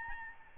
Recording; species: mosquito wingbeat signal from an infrared sensor; Aedes albopictus